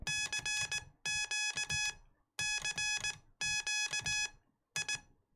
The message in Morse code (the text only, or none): CQ CQ I